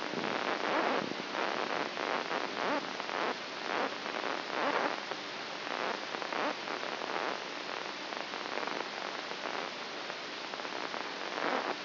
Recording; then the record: brain microelectrode recording played as sound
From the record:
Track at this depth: inside the subthalamic nucleus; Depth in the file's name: 1.64 mm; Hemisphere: right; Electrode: 2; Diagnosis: Parkinson's disease